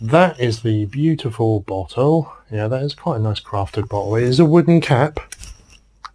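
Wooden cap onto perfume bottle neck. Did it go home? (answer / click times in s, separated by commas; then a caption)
yes / 6.1 s. Someone talks, then a wooden cap is pressed onto the neck of a Giorgio Armani perfume bottle with one sharp click at 6.1 s. The cap is seated, clicked into place.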